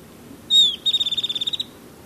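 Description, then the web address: Golden-faced tyrannulet call: a high, clear whistled note that dips, followed by a rapid even series of many short high pips. Recorded in Ecuador. "Natures Songs S America Birds of Ecuador Golden-faced Tyrannulet"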